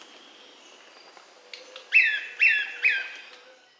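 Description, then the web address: Brownish twistwing song: three sharp, loud, downward-sweeping notes about half a second apart, over faint thin whistles from other birds. Recorded in South America. "Natures Songs S America Brownish Flycatcher"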